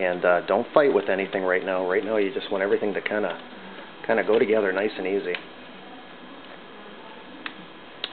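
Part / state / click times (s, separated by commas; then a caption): fuser rebuild part into laser printer fuser assembly / seated / 8.0 s. Someone talks while a part is eased together by hand during a rebuild of an HP 4100 RG5-5063 laser printer fuser assembly with a repair sleeve. After the talking stops there is a quiet stretch with a faint tick, then a sharp snap at 8.0 s as the part seats into place in the fuser assembly.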